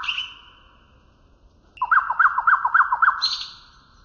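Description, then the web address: Common nightingale song: a long high note that fades, a pause, then a quick series of five looping whistled notes, ending with a thin high phrase. Western nightingale song, used for training canaries. "canto do rouxinol ocidental para treinar canarios"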